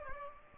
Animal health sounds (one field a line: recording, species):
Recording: mosquito wingbeat signal from an infrared sensor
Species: Aedes aegypti